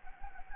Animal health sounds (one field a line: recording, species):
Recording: mosquito wingbeat signal from an infrared sensor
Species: Anopheles gambiae